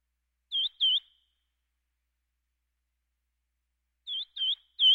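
Verdin calls: clear high chip notes, a pair near the start and a run of three at the end, separated by a long quiet gap.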